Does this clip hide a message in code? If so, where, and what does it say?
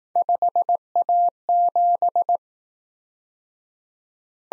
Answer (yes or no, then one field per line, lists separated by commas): yes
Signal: Morse code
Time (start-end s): 0.2-2.4 s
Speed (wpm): 19 wpm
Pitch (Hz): 700 Hz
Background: none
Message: 5A7